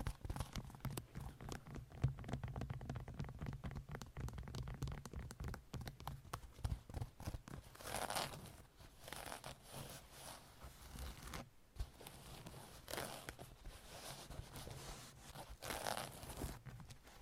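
Long nails tap and scratch in a dense, quick run of sharp clicks through the first half. After that the tapping thins and slower scratching strokes take over, with brighter rasping swells near eight, thirteen and sixteen seconds over a low, soft rumble.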